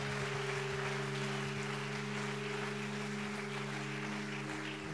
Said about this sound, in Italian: Un applauso a Dio e non lo lodiamo? Hallelujah.